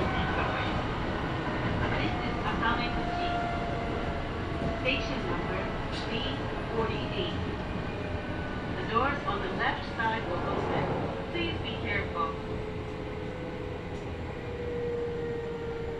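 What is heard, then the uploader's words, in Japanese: An express train on the Kintetsu Osaka Line, heard from inside as it runs from Nabari toward Yamato-Asakura. A steady, dense rumble of wheels and motor holds throughout, with scattered squeals and rattles, and voices murmuring at times in the middle section. 近鉄大阪線 急行 名張→大和朝倉。平日のお昼時、そろそろ学生の乗り降りが始まりそうな時間帯です。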